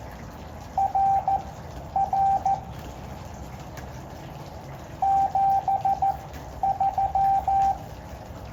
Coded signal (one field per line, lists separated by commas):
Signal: Morse code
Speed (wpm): 14 wpm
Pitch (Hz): 780 Hz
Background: none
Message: RR 73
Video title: KO6BTM - First Morse Code Contact! | Summits on the Air